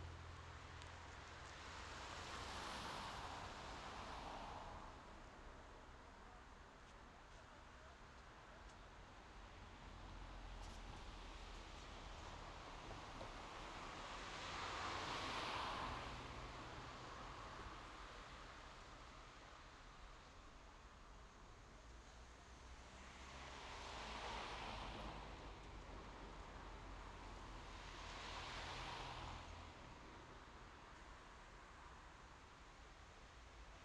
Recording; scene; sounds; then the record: everyday scene through a hearing-aid microphone; in traffic; traffic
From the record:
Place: main road on the outskirts, rush hour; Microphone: in the ear canal, left